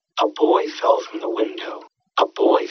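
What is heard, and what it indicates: Speech heard as through a cochlear implant: a simulation with a thin, buzzy, band-limited sound and nothing below about 250 Hz. The simulation is part of a sequence in which the number of channels decreases, starting from 32 and going down to 1.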